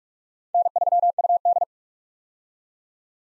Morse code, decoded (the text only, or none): N3UD